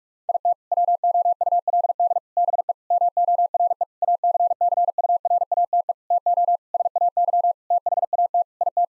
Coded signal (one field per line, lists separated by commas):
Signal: Morse code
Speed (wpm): 46 wpm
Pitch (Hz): 700 Hz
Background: none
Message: IT WOULD BE MORE ACCURATE TO SAY THAT IT